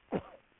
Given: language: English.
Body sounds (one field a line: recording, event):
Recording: throat vibration sensor signal played as sound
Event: cough